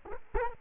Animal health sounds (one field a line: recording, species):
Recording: mosquito wingbeat signal from an infrared sensor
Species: Culex quinquefasciatus